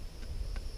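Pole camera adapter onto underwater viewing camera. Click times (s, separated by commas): 0.6 s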